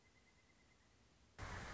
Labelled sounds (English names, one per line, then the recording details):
Pileated Woodpecker
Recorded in Sonoma County, California